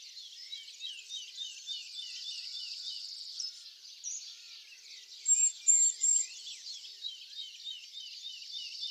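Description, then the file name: Eurasian blue tit calls: three high, thin, level notes in quick succession in the second half, over a dense high-pitched chorus of other birds and insects. "Cyanistes caeruleus"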